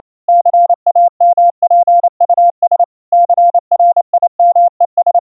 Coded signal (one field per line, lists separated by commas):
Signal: Morse code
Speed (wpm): 27 wpm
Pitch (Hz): 700 Hz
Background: none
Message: CAMPUS CRIMES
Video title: Morse Code over CWCom: tips for better cw receive morse tone audio quality